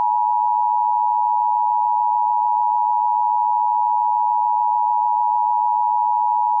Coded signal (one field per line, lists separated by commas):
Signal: Emergency Alert System (SAME) tones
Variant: 853 and 960 Hz attention tone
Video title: EAS Scenario #10: Sonic.exe. Rampage.